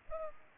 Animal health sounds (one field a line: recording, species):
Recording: mosquito wingbeat signal from an infrared sensor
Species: Culex pipiens